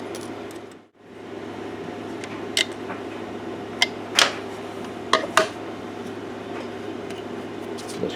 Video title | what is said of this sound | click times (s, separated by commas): Replacing Pedal Switch in Digitech Guitar Pedals | This cover just pops on. | 3.8 s, 4.2 s, 5.1 s, 5.4 s